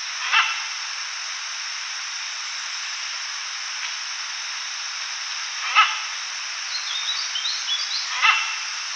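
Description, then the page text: Knobbed hornbill giving short, harsh barking calls, three spaced single notes over about nine seconds, with faint higher chirps near the end and a steady hiss throughout. "Knobbed Hornbill Calls. Quick Sounds"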